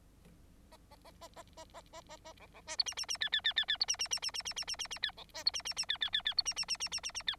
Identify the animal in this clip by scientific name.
Lonchura striata domestica